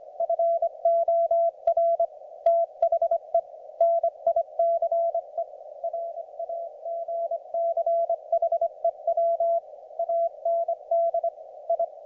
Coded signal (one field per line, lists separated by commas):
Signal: Morse code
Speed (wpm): 24 wpm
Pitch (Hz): 690 Hz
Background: none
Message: FOR THE NICE RAGCHEW AND I